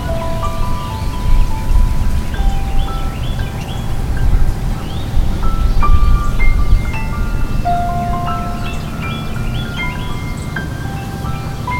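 Sparse sustained tones, chime-like or from a piano, ring out irregularly over a steady low outdoor rumble from a backyard, with occasional soft rustling.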